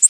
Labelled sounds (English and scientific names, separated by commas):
Tennessee Warbler (Leiothlypis peregrina) flight call